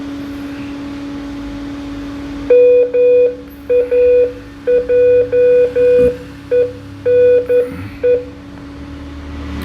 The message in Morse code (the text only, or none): MAJENE